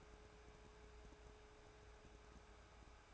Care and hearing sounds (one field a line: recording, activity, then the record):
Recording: daily activity, microphone in the room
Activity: take from stove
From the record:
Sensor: 2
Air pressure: 1010.2 hPa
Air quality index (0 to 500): 161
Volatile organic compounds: 7 ppm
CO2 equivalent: 2017 ppm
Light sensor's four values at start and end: 41/99/44/50 and 41/99/44/50